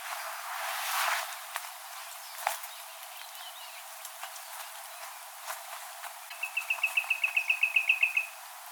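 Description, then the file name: Common nightingale song: after several seconds of faint ticks and rustling, a fast, evenly repeated run of many pulsing notes rises in loudness, then stops. "Luscinia megarhynchos"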